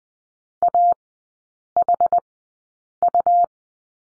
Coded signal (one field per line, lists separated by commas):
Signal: Morse code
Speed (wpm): 20 wpm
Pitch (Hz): 700 Hz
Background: none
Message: AHU